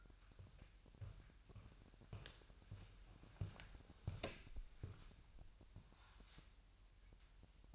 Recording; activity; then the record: daily activity, microphone in the room; walk to room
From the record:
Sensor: 2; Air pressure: 1001.9 hPa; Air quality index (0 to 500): 248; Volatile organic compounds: 36 ppm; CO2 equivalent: 3073 ppm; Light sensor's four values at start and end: 6/13/5/6 and 5/13/5/5